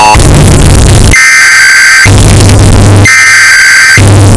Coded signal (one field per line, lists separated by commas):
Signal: Emergency Alert System (SAME) tones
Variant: header bursts